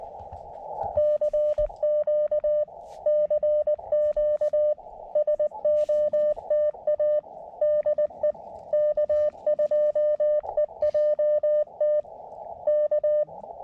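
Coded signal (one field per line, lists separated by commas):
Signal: Morse code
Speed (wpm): 19 wpm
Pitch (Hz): 600 Hz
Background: none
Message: CQ CQ SOTA DE K2EJT K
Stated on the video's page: CW summit (SOTA) and park (POTA) activation from a rainy, foggy mountain summit fire tower area; eleven contacts made.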